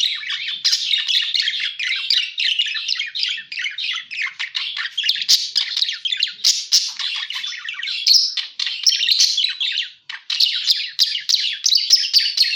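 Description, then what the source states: A parakeet chatters nonstop with harsh chirps and squeaky notes, briefly dropping away near the ten-second mark. Lure sound used for catching birds.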